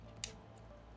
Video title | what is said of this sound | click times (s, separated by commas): ROG Crosshair X870E Extreme + 9950X3D : How To Set Up the Ultimate AM5 Motherboard | Just like that, you're gonna hear a nice little click. | 0.2 s